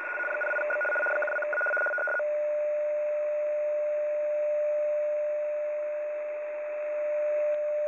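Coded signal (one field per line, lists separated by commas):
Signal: RTTY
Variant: 75 baud, 850 Hz shift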